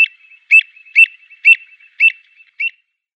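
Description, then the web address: Avocet calls: clear, fluty notes given about every half second, five in a row, with faint softer notes between them. "Schulze Peter Avocet"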